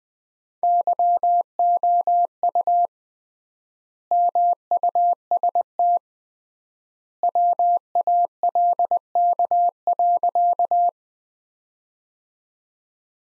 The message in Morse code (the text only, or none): YOU MUST WALK.